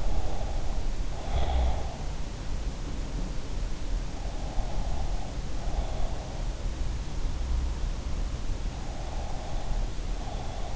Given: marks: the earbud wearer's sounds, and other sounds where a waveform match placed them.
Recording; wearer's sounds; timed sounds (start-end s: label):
sounds in sleep by an in-ear microphone; breath
0.00-1.91 s: breath
4.22-6.21 s: breath
8.84-10.76 s: breath